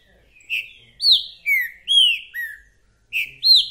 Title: Esse É PERFEITO Para ESQUENTAR Seu TRINCA Piando, Cantando E Macheando Na DISPUTA. TRINCA FERRO REPETIDOR !! UM CANTO ATRÁS DO OUTRO!!! TRINCA FERRO MERCENARIO!